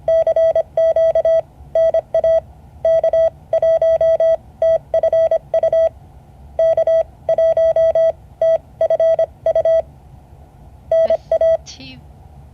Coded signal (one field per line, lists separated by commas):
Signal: Morse code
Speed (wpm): 25 wpm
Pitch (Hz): 650 Hz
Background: none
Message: CQ NA K1TFU K1TFU NA